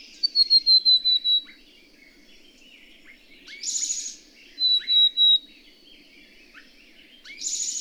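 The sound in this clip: Bird song opening with a rapid string of high, falling whistles, then a hissing burst, three more whistles and another hiss.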